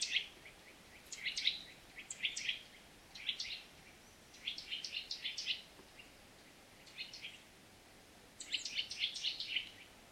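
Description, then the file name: Eurasian nuthatch calls, sharp high notes in quick clusters, repeated several times over soft background noise. "Sitta europaea"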